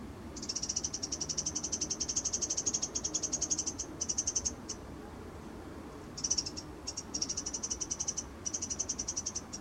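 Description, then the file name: Eurasian wren delivering a long, fast high ticking rattle, then shorter broken bursts of the same quick notes after a brief pause. "Troglodytes troglodytes"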